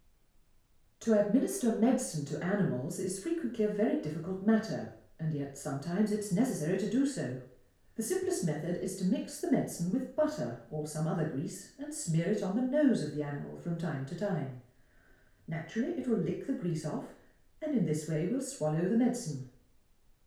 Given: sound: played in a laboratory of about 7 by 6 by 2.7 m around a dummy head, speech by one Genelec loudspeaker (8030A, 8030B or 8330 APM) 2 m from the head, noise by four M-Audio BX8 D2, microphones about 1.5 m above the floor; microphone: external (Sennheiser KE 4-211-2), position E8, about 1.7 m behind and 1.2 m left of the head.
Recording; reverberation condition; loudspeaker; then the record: female speech in English; medium; 90 degrees to the left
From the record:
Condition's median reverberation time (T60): about 510 ms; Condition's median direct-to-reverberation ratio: about -0.5 dB